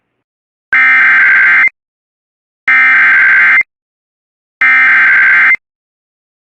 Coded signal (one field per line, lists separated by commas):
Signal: Emergency Alert System (SAME) tones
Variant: header bursts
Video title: VA SVR (5/26/24) EAS #742 (1,000th Video!)